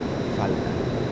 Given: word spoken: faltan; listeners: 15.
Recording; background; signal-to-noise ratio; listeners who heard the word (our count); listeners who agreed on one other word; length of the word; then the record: one Spanish word in noise, from a listening test; speech-shaped noise; -6.8 dB; 0 of 15; 6 of 15; 0.72 s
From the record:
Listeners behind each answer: 6, 1, 1, 1, 1, 1, 1, 1, 1, 1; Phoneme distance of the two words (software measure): 7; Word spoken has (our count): 2 syllables, 6 phonemes, stress on syllable 1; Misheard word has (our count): 2 syllables, 5 phonemes, stress on syllable 1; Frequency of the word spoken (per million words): 19.53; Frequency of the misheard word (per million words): 243.81